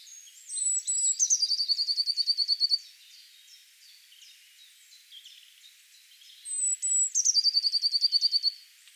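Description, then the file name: Eurasian blue tit singing two phrases about six seconds apart, each made of high thin piping notes leading into a rapid, evenly pulsed trill. "Cyanistes caeruleus"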